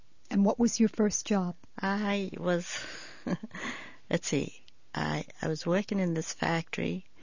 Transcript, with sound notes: And what was your first job?
I was, ( she laughs ) let's see. I was working in this factory,